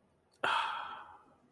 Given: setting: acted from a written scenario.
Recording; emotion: vocal sound without words; serenity